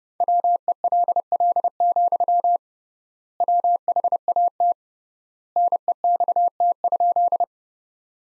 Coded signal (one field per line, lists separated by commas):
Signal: Morse code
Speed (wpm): 30 wpm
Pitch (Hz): 700 Hz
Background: none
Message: WELL, WHAT NEXT?